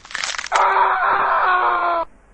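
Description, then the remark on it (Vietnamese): A rough, crunching bone crack from a kick to Vương Hạo's ankle lasts about half a second, then gives way to a loud, sustained, strained tonal sound that holds steady for over a second before cutting off. “Thanh âm xương gãy vang lên.”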